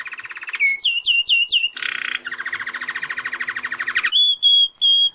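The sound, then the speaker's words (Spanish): A goldfinch sings a fast, varied song: buzzy trills, rising chirps and rapid twittering runs in high pitch, ending with a few clear sustained whistled notes, loud and alone without voices. “El que están escuchando es un jilguero, el cantito de un jilguero, porque vamos a hablar un poco de pájaros.”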